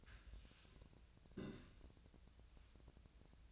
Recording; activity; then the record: daily activity, microphone in the room; take from stove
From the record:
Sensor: 2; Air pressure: 1009.8 hPa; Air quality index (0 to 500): 180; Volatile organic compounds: 10 ppm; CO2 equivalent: 2247 ppm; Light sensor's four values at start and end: 32/78/34/37 and 32/78/34/37